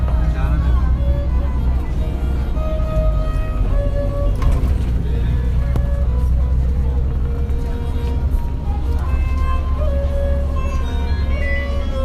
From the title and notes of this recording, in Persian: قيچكنوازي - اتوبوس راهآهن-وليعصر. نوازنده دورهگردي سازي مي زد كه نمي دانستم چيست. زمستان 80 بود.